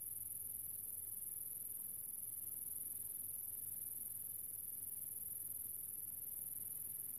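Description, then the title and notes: Grasshopper buzzing continuously at a very high pitch, steady and even throughout, with a faint low hum beneath. Grasshopper in the countryside near the small town of General Alvear, recorded under the summer sun. "Grasshopper. in a small town called General Alvear. I found myself in the middle of the countryside under the summer sun and this little grasshoper appeard"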